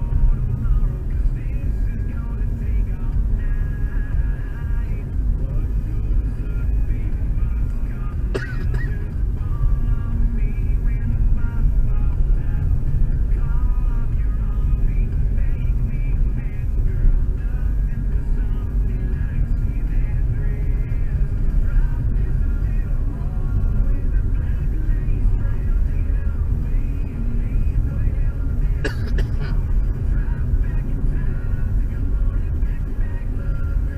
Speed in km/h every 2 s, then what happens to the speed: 46, 46, 48, 47, 45, 45, 44, 41, 41, 42, 46, 48, 49, 49, 51, 53, 53.
0-17 steady at about 45. 17-22 speeds up to 48. 22-34 steady at about 49.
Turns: none.